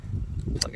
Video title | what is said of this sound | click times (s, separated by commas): how to remove inspect or replace the vvti solenoid on a 2014 Toyota corolla eco | it back in that nice little click indicates that it's in place and you are done | 0.6 s